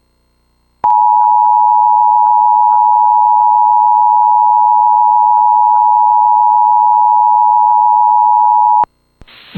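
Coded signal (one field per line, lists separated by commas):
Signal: Emergency Alert System (SAME) tones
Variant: 853 and 960 Hz attention tone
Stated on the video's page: Alert audio monitored from the GWES ERN (EAS Relay Network) stream.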